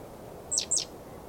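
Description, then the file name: Great tit giving two brief, piercing high notes that sweep downward, close together. "Parus major"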